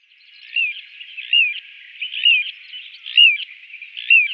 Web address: Schulze Peter Little Ringed Plover calls